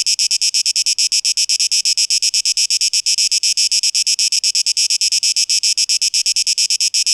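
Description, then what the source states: Cicada rasping in quick regular beats, a high electric-sounding buzz, steady from start to finish. Cicadas, 12 August 2023, tape echo mix.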